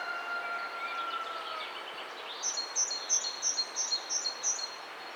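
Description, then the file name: Great tit giving a fast run of sharp, high notes in the second half, after a thin, slightly falling whistle at the start. "Parus major"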